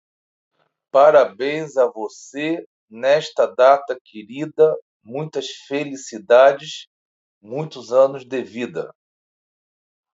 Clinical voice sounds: short text; Brazilian Portuguese; male; 50 to 59 years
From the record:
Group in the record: control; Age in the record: 51 years

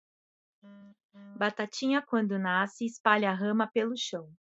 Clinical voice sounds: short text; Brazilian Portuguese; female; 40 to 49 years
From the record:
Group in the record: control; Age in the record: 42 years

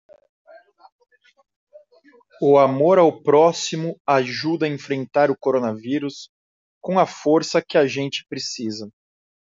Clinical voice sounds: spoken sentence; Brazilian Portuguese; male; 40 to 49 years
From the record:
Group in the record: control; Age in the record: 44 years

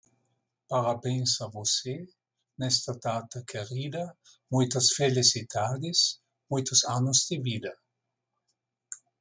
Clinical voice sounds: short text; Brazilian Portuguese; male; 60 to 69 years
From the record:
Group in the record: control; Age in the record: 69 years

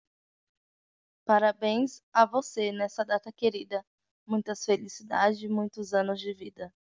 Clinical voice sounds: short text; Brazilian Portuguese; female; 20 to 29 years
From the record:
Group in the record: control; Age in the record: 27 years

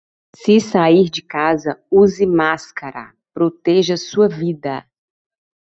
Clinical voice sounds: short text; Brazilian Portuguese; female; 30 to 39 years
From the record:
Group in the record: control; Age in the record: 37 years

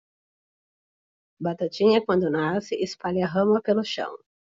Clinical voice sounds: short text; Brazilian Portuguese; female; 30 to 39 years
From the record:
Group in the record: control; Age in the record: 35 years

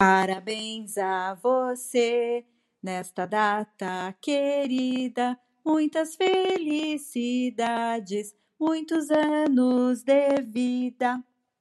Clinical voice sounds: short text; Brazilian Portuguese; female; 50 to 59 years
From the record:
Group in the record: control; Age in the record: 52 years

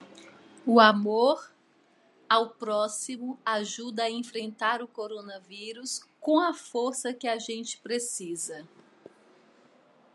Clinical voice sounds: spoken sentence; Brazilian Portuguese; female; 40 to 49 years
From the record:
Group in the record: control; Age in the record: 42 years

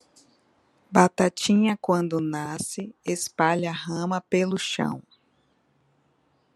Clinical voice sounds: short text; Brazilian Portuguese; female; 40 to 49 years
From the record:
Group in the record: control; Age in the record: 42 years

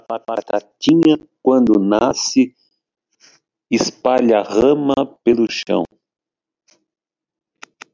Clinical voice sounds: short text; Brazilian Portuguese; male; 50 to 59 years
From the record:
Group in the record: control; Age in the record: 58 years

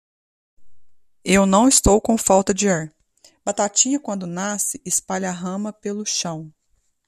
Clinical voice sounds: short text; Brazilian Portuguese; female; 30 to 39 years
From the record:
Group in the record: control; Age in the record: 38 years

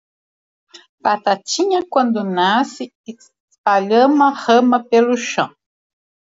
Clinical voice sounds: short text; Brazilian Portuguese; female; 60 to 69 years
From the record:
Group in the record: control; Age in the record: 66 years

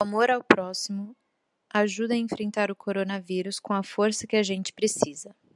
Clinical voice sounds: spoken sentence; Brazilian Portuguese; female; 20 to 29 years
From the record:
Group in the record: control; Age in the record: 25 years

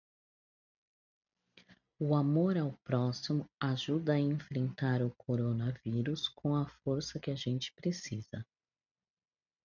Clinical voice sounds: spoken sentence; Brazilian Portuguese; female; 40 to 49 years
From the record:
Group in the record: control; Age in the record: 43 years

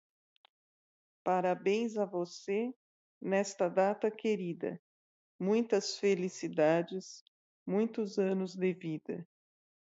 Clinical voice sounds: short text; Brazilian Portuguese; female; 50 to 59 years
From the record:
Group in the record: control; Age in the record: 52 years

